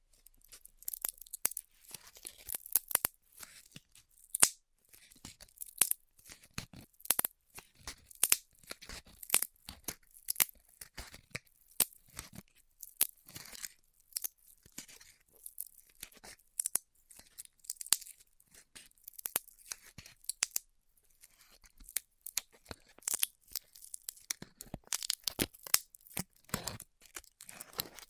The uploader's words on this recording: ASMR Styrofoam Heat Cutting (No Talking).